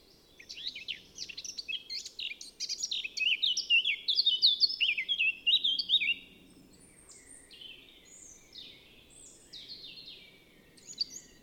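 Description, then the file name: Eurasian blackcap warbling in a rapid run of clear, fluting, varied notes for about six seconds, then softer scattered phrases over a quiet, low rumbling background. "Sylvia atricapilla"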